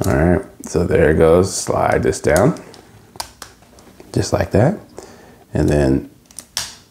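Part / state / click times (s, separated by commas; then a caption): plastic limb part going into the robot figure's body slot / seated / 6.6 s. A plastic limb part of a transforming robot figure slides into the slot in the robot figure's body while someone talks. Small plastic clicks and scrapes come around 3.2–3.4 s, then a sharp click at 6.6 s as the part seats in place.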